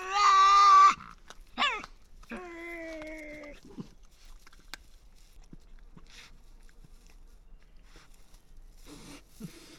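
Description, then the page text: Tasmanian devil call: a loud one-second harmonic screech, a short squeal, then a steadier whining cry, followed by quieter sounds. Resident devils in an enclosure at the Devils@Cradle conservation facility, Cradle Mountain, Tasmania, on October 24, 2007, discussing who has priority. "Birdsong for the Curious Naturalist. Tasmanian devil. Inside an enclosure at the world-class conservation facility at Cradle Mountain, Tasmania"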